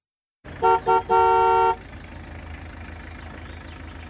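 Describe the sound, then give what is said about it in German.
A Ford Transit's horn honks three times from a distance, pressed repeatedly by a young man: two quick toots and then one long sustained blare, loud and brassy. Afterwards an engine keeps idling with a low, steady rumble. “Der junge Mann, der wie verrückt gleich mehrmals auf die Hupe drückt, ist Heim.”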